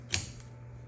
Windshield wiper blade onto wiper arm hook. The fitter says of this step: until it clicks and you'll notice that button comes right back to where it was